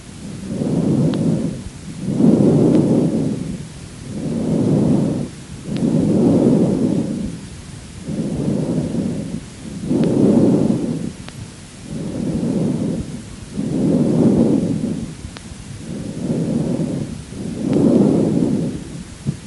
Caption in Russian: Возникает в результате турбулентного завихрения воздушного потока в области гортани, голосовой щели и бифуркации трахеи на протяжении всего вдоха и выдоха. У здорового человека ларинготрахеальное дыхание можно выслушать над гортанью, трахеей и в местах проекции бифуркации трахеи на грудную клетку. Ларинготрахеальное дыхание, зарегистрированное в области щитовидного хряща гортани. Ларинготрахеальное дыхание представляет собой более грубый по тембру и высокочастотный шум, причем продолжительность выдоха превышает длину вдоха.